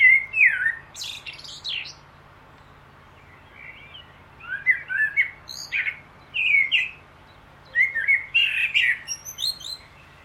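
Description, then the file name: Common blackbird singing mellow warbled notes mixed with sharp high squeaks in several short bursts throughout, with a quiet constant hum underneath. "Turdus merula"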